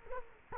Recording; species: mosquito wingbeat signal from an infrared sensor; Culex quinquefasciatus